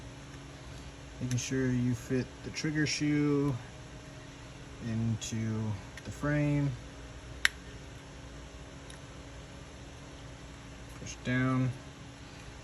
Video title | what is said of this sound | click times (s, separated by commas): FTT 104 Week 4 Practical application / Gen 5 Glock 19 detailed strip | heard that click usually means it's good | 7.4 s